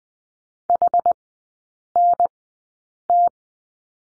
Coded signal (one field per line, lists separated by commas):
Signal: Morse code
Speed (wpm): 20 wpm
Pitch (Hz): 700 Hz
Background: none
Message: HNT